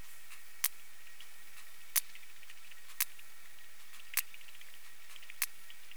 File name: P macrocephalus clicks